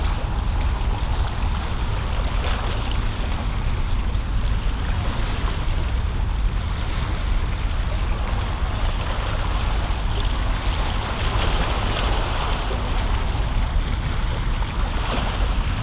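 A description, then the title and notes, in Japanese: A coastline with a steady, dense wash of surf and rumbling low sound, constant throughout, with faint brighter splashes now and then. 海岸。环绕声白噪音。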